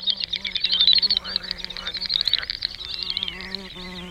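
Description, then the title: Great snipe, fast high bubbling and clicking notes that run in a stream, over a steady low droning hum. "vogel-der-woche Doppelschnepfe"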